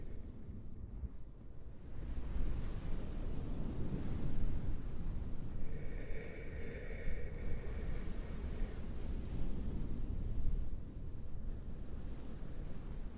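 A towel is rubbed and swished so it imitates ocean waves, a dense low rushing that swells and recedes in slow surges, strongest around the fourth and tenth seconds. A faint high whine hangs briefly in the middle, and a muffled windy rumble runs underneath throughout.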